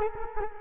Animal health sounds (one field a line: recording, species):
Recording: mosquito wingbeat signal from an infrared sensor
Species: Culex quinquefasciatus